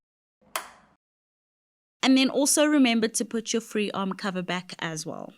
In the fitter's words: you'll hear a slight click